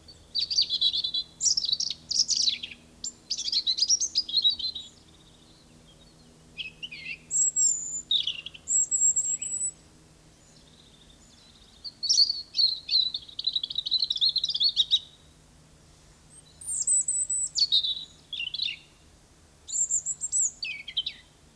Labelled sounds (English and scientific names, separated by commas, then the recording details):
European Robin (Erithacus rubecula) song
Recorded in the wild
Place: Locarno, Tessin, CH
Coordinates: 46.1872, 8.7925
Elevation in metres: 1033
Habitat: mountains
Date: 1978-03-10
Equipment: Uher 4000
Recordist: Tretzel, Erwin